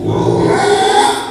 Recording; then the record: squeal of a Yucatan mini pig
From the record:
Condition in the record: after surgery on the right vocal fold (resection and tissue-engineered implant); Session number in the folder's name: 4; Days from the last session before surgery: 42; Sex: male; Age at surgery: 12 weeks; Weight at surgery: 13 kg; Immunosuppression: cyclosporine, prednisolone